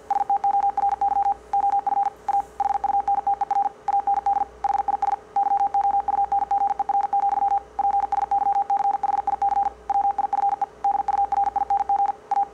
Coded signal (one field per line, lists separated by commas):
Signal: Morse code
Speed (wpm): 50 wpm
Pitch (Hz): 800 Hz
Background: none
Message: STORY OF A HUNTER AND HIS YOUNGER, PSYCHIC WIFE DURING A